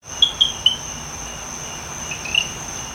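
Cliff chirping frog giving short, bright chirps, three in quick succession near the start and a few more later, over a steady high-pitched insect-like whine.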